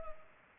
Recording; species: mosquito wingbeat signal from an infrared sensor; Culex pipiens